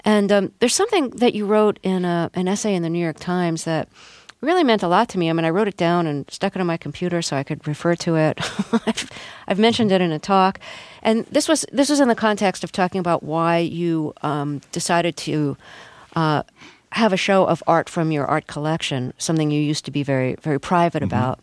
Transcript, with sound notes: And there's something that you wrote in an essay in the New York Times that really meant a lot to me. I mean, I wrote it down and stuck it in my computer so I could refer to it. (LAUGHTER) I've mentioned it in a talk. And this was in the context of talking about why you decided to have a show of art from your art collection, something you used to be very, very private about.